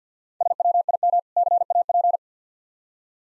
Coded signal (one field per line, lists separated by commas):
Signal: Morse code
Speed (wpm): 50 wpm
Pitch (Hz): 700 Hz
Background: none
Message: SWIM CAP